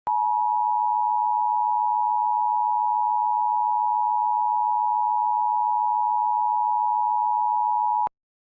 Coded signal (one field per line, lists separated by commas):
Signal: Emergency Alert System (SAME) tones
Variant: 853 and 960 Hz attention tone